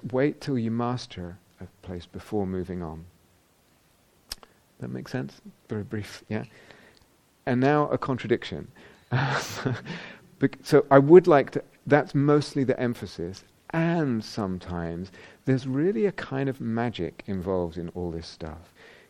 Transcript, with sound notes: wait until you master that place before moving on. That make sense? Very brief. Yeah? And now, a contradiction. [laughs] So that's mostly the emphasis, and sometimes there's really a kind of magic involved in all this stuff.